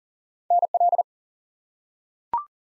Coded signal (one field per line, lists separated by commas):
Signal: Morse code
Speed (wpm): 40 wpm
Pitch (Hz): 700 Hz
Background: none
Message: NL